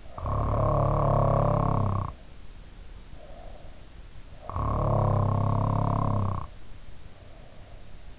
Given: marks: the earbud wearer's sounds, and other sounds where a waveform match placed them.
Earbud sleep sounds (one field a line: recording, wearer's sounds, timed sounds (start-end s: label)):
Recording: sounds in sleep by an in-ear microphone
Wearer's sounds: snoring breath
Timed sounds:
0.00-3.77 s: snoring breath
4.28-8.05 s: snoring breath